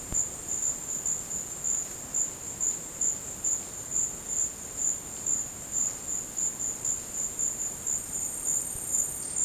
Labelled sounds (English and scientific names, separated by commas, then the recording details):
none
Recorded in dense forest near Puerto Asís, Putumayo, Colombia, on 22 December 2024 at 13:30
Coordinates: 0.466, -76.327
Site G075